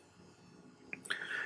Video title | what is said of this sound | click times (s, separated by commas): RIT Pack | the Rick UAC coupling of the respirator until quick disconnect sleeves clicks into place check the engagement by tugging on the coupling | 0.9 s, 1.1 s